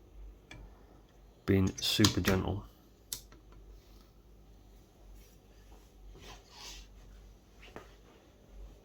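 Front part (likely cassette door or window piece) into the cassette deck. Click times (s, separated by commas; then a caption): 0.5 s. A front part of a Nakamichi BX-2 cassette deck, likely the cassette door or window piece, is pressed back down into its seat after its front has been cleaned with window cleaner. It snaps into place with one sharp click at 0.5 s, then someone talks briefly, with a few more faint clicks and handling sounds afterward.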